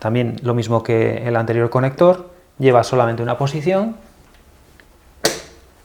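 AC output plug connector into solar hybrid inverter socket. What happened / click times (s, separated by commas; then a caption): The power connector clicked home / 5.2 s. Someone talks while a single-position AC backup-output plug connector is pushed into its socket on a SOLIS RHI-5K-48ES-5G single-phase hybrid solar inverter for 48 V batteries. The plug is pressed until a sharp, loud click sounds at 5.2 s, and the connector is seated.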